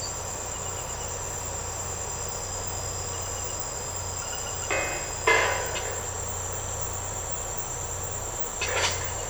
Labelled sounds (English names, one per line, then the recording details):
none
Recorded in secondary vegetation near Puerto Asís, Putumayo, Colombia, on 13 March 2025 at 04:00
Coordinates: 0.468, -76.324
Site G059